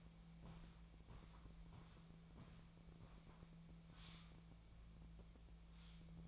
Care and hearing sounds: daily activity, microphone in the room; walk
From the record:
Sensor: 1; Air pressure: 1012.2 hPa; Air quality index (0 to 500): 177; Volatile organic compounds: 3 ppm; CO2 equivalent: 1455 ppm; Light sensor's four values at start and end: 48/132/54/66 and 48/130/53/65

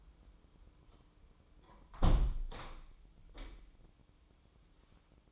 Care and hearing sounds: daily activity, microphone in the room; close window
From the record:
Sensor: 1

